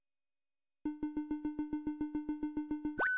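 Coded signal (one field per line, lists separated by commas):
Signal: none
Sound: game loading music beeps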